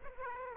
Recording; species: mosquito wingbeat signal from an infrared sensor; Aedes aegypti